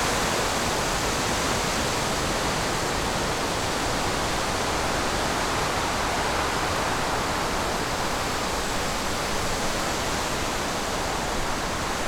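A waterfall roars in a steady, dense rush of falling water, unchanging from start to finish, with a full, hissing spread from low to bright.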